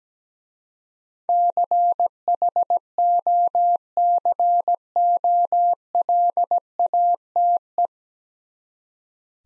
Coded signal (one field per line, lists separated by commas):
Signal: Morse code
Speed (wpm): 17 wpm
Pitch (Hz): 700 Hz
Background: none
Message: CHOCOLATE